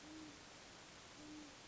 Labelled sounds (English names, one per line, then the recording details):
Great Horned Owl
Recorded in Sonoma County, California